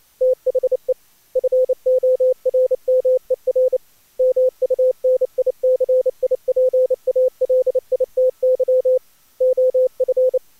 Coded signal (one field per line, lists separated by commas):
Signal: Morse code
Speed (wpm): 28 wpm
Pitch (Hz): 510 Hz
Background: none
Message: THE FORMER MUNICIPALITY OF